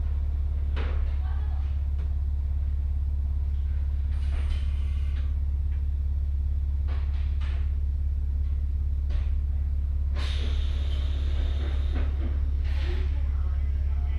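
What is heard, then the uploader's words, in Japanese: Inside a Hokuriku Railway Ishikawa Line train, a steady deep rumble runs throughout, with brief bursts of brighter rattling and hiss every few seconds. 鉄道旅 北陸鉄道石川線 野町→鶴来。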